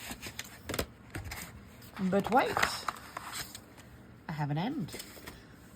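An end piece for an open-ended modular cutting die is handled with light taps and rustles while someone talks. The end piece has not yet clicked into place on the die, so nothing has seated.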